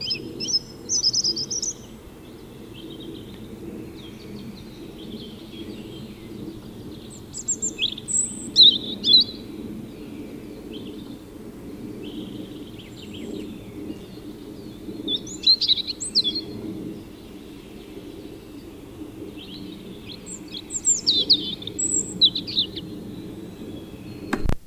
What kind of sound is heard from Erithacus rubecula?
song